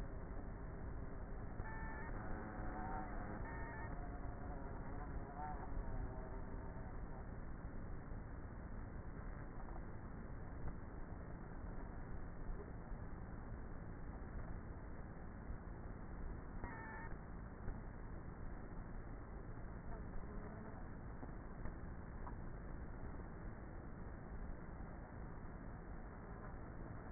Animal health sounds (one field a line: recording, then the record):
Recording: honeybee colony, microphone inside the hive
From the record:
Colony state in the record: queenless with a low population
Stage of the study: before two queens were removed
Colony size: about 30,000 bees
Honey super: no